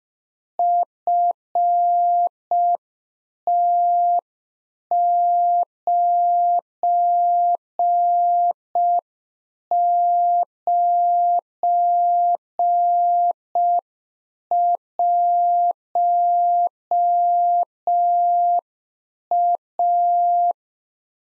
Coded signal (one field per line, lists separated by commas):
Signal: Morse code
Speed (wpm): 5 wpm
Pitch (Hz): 700 Hz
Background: none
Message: FT991A